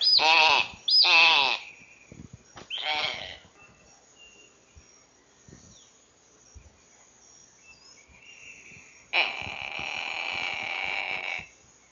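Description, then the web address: Black-collared hawk giving hoarse, harsh calls: three rough screams at the start, then quiet, then one long drawn-out raspy call near the end. Two birds calling, recorded in the eastern lowlands of South America. "Natures Songs S America Eastern Lowlands Busarellus nigricollis, calls of 2 birds"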